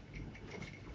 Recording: background sound without coughing